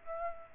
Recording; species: mosquito wingbeat signal from an infrared sensor; Aedes aegypti